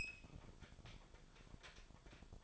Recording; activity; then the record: daily activity, microphone in the room; open fridge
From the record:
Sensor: 5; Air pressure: 1007.9 hPa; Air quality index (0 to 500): 94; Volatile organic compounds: 1 ppm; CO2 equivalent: 738 ppm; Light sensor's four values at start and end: 41/93/39/41 and 42/96/40/42